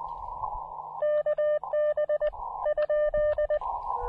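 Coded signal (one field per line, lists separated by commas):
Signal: Morse code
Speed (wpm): 19 wpm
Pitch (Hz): 590 Hz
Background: none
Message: KB?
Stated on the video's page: QRP SOTA summit activation with DX contacts, using an Elecraft KX2 and a compact AX2 antenna.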